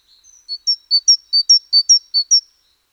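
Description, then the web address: Great tit giving one phrase of its see-sawing song: clear high whistled pairs, lower then higher, about five times in rapid succession. "SETE data Parus major"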